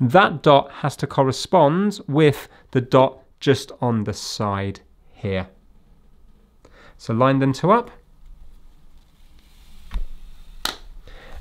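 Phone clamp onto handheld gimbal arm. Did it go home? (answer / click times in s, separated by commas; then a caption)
yes / 10.6 s. Someone talks while lining up the dot on a phone clamp with the dot on the side of a DJI Osmo Mobile SE handheld gimbal arm, to fix a flashing green light caused by the gimbal not recognizing the clamp. After a quieter stretch, the clamp is pushed up and in and snaps into place with a sharp click at 10.7 s, seating it onto the gimbal mount.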